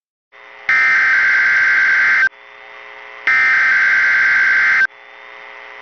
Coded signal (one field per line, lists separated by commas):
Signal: Emergency Alert System (SAME) tones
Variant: header bursts